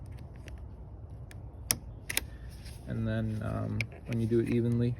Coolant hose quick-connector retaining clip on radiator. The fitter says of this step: So this thing it clips out like that,